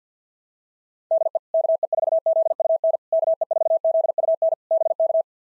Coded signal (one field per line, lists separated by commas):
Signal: Morse code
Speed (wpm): 50 wpm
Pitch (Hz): 650 Hz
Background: none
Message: DE KE4ZUN KE4ZUN BK